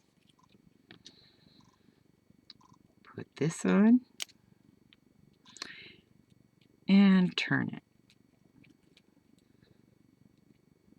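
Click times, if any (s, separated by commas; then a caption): none. A metal jewelry component on an earring chain is handled and turned into place while someone talks, with faint small ticks and taps between the words. Nothing has seated or clicked yet by the end of the clip.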